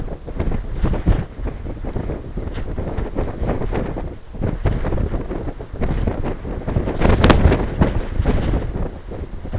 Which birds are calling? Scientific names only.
none